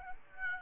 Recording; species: mosquito wingbeat signal from an infrared sensor; Aedes aegypti